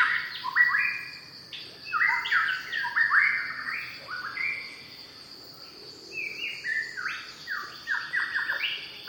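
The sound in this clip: White-rumped shama singing loud, varied melodious phrases of clear whistles and quick slurred notes in bursts, with a constant high-pitched insect hum behind.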